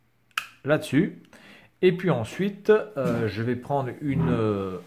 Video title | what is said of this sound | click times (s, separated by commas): Seaman - Dreamcast - Créature échappée de le Téléchat | donc bien tout ce que vous avez à faire c'est enclenché sa là | 0.4 s